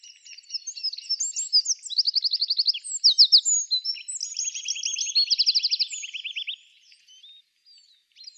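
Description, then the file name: Eurasian wren song: a fast cascade of sharp high notes and rattling trills lasting about six seconds, followed by faint scattered chips. "Troglodytes troglodytes"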